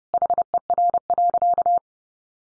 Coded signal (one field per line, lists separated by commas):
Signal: Morse code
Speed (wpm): 30 wpm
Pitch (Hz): 700 Hz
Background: none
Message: HER.